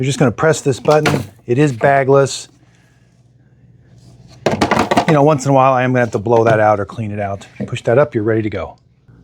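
Someone talks while handling a bagless Shark vacuum, pressing a button to empty the plastic dust cup and then pushing the cup back up, front end first, toward the lift-away pod. A few brief plastic knocks come around 4.5 to 5.0 seconds between the speech. The clip ends before the dust cup goes home, so nothing has clicked into place yet.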